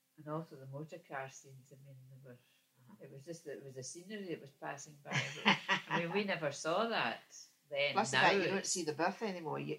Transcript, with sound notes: And also the motor car scenes. I mean they were, it was just, it was the scenery that was passing by. [laughs] I mean, we never saw that, then. Now--
Plus that, you don't see the birth any more.